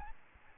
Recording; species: mosquito wingbeat signal from an infrared sensor; Aedes albopictus